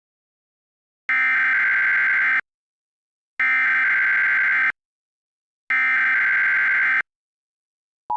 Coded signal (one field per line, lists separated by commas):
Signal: Emergency Alert System (SAME) tones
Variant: header bursts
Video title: [EAS] The Alternative: An Alternate History EAS Scenario